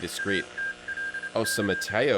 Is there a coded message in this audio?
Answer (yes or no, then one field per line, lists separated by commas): yes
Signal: Morse code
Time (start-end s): 0.2-1.9 s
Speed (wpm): 27 wpm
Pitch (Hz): 1600 Hz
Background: speech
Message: ATLC